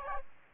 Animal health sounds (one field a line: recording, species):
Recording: mosquito wingbeat signal from an infrared sensor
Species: Aedes aegypti